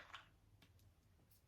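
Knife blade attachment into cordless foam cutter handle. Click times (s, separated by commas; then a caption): 0.2 s. A large hot knife blade attachment is pushed into the socket of a Minova cordless foam cutter handle. One faint snap is heard at 0.1 seconds as it pops in, followed by quiet background ticks, and the blade is seated.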